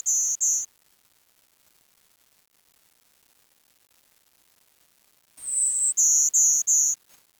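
Bird calls: very high, thin whistled notes, two short ones, a pause, then a slightly falling longer note followed by three quick, even notes.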